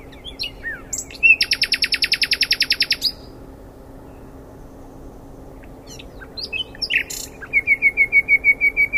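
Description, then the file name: Common nightingale song opening with chirps into a loud rapid rattle, a pause, then sharp calls and a run of repeated clear notes. "Luscinia megarhynchos"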